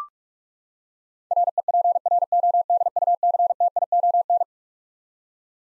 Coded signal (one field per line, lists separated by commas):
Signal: Morse code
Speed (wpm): 42 wpm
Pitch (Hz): 700 Hz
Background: none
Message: REPRODUCTION